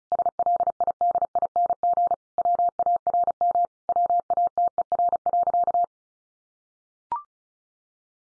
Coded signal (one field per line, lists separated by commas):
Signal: Morse code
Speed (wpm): 34 wpm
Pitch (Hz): 700 Hz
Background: none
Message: SLIDING WARM WATER.